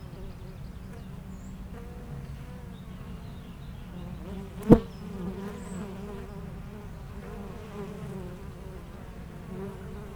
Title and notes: 41 Chem. de Memard, 73100 Aix-les-Bains, France - Les abeilles. Entre deux ruches du rucher du jardin vagabond à Aix-les-bains les abeilles sont en pleine collecte et font d'incessants aller retour vers les fleurs, quelques oiseaux dans le bois voisin